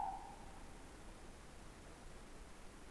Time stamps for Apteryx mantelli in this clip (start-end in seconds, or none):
none